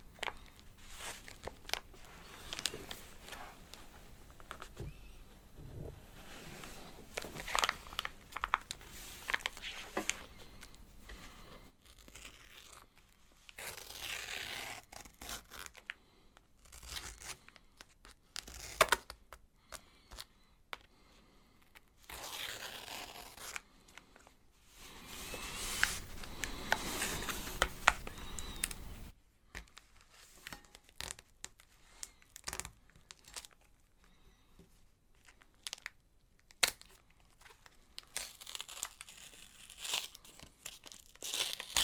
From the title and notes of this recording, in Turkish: Çiğköfte Yeme Sesi Asmr.